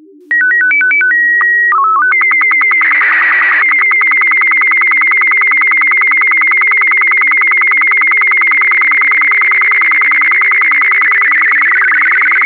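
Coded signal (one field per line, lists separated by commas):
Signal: SSTV (slow-scan television)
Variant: Robot BW12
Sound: alternating beeps, long steady tone, short warble, then rapid buzzing scan with regular clicks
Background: low steady hum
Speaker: We will also have the picture in BW 12 at the End of the Bullet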